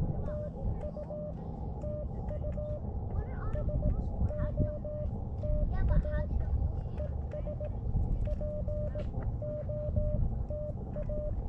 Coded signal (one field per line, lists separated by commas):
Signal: Morse code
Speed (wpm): 18 wpm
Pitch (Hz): 600 Hz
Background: speech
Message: TU TU SOTA ES POTA